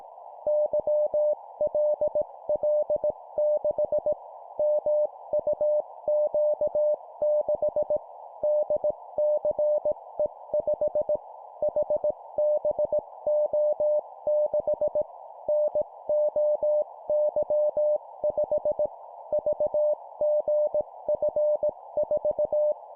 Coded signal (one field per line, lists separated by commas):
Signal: Morse code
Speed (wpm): 18 wpm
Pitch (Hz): 600 Hz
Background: none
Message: YLL6 MUQ6 DCE5 HBO6 NOY5 VGF4